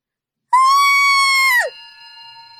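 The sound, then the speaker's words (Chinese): A terrified man in a Jinbei van screams: one loud, piercing, high-pitched cry held steady for about a second before its pitch breaks sharply downward, leaving a faint ringing tone trailing after it. “他笑着笑着脸色骤变，僵了那么一两秒，没命一样的尖叫起来。”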